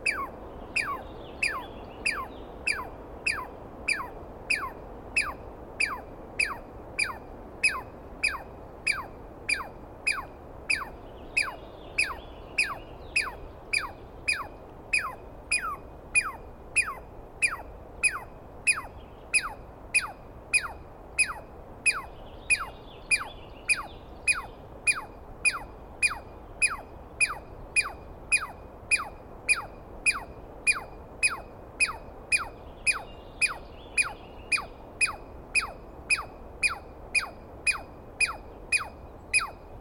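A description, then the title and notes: A Douglas pine squirrel screams in a long, steady series of sharp calls, about two per second, keeping the same pace for the whole forty seconds. Each call is a bright, piercing rasp over a soft constant hiss, with faint chirps now and then behind it. I set up my microphones and recorder for a nice dawn recording in the East Cascades. I was started awake by a screaming Douglas Pine Squirrel.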